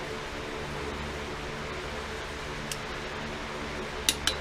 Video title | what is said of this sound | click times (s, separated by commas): We build the 454 short block on Brandons 65 C10 | that click is called a click type torque wrench | 4.1 s